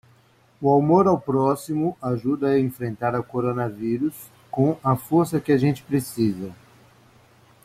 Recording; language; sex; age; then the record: spoken sentence; Brazilian Portuguese; male; 60 to 69 years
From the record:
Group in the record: control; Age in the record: 61 years